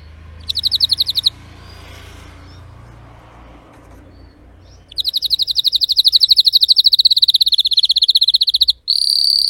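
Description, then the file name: Canary (Spanish Timbrado) trilling in short bursts: a brief rapid roll, a quiet gap with faint background hiss, then a long even pulsed trill ending in a steady buzz. Spanish Timbrado breed of domestic canary, called canário belga in the Portuguese title; singing. "canto do canario belga timbrado espanhol"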